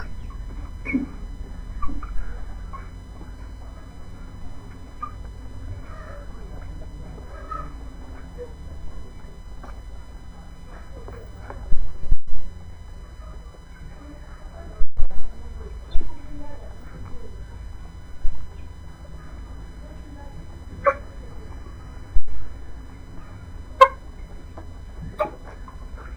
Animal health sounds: poultry house recording; background noise or bird activity such as feeding and pecking

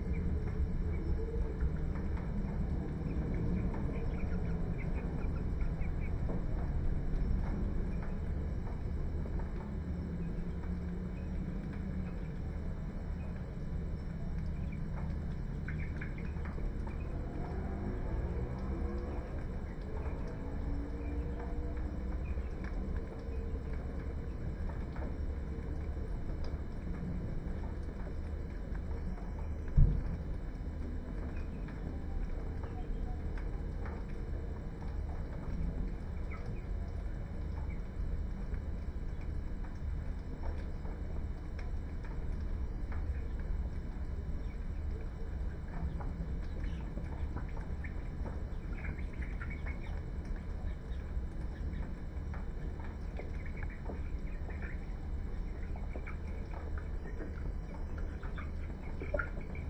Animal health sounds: poultry house recording; healthy chickens

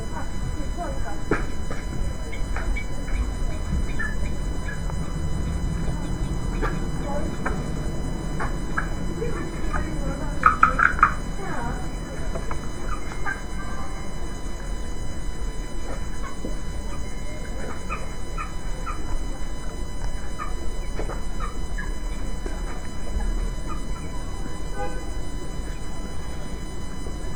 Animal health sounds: poultry house recording; healthy chickens

